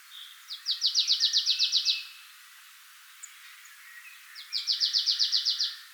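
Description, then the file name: Marsh tit delivering two fast, even rattles of about ten clipped notes each, separated by a quiet pause with a few soft notes. "Poecile palustris"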